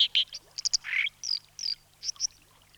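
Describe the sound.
Dipper calls, a series of short bright high chips and a brief lower rasping note, spaced irregularly.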